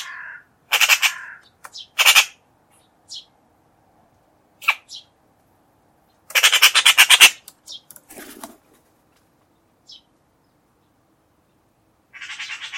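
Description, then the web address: Bird calls as harsh, squawking bursts, some quickly pulsed and rattling, given irregularly with silent gaps between them. "cianscape birddata Deverinetal 2025"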